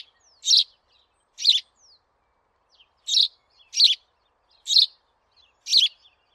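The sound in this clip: House sparrow giving a series of six loud rasping chirps at uneven spacing, roughly one per second, with a few faint thin notes in the gaps.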